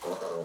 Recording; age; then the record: pig call; piglet (1 to 25 days)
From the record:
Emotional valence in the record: negative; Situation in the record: missed nursing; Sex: male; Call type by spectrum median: low-frequency call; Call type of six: low-frequency stable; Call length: 0.45 s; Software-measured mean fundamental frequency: 67 Hz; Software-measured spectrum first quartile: 468 Hz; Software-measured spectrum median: 632 Hz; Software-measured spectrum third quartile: 1439 Hz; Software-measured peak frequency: 450 Hz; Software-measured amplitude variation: 119 dB a second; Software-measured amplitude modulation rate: 29.8 a second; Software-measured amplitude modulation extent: 4.0 dB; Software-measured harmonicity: 2.8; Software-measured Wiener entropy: -1.06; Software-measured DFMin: 1180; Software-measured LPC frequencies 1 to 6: 524, 1090, 3409, 4084, 4840, 5684 Hz